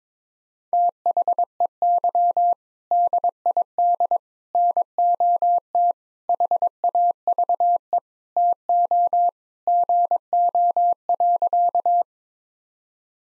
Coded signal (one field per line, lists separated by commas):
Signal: Morse code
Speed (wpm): 22 wpm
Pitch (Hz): 700 Hz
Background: none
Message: THEY DID NOT HAVE TO GO.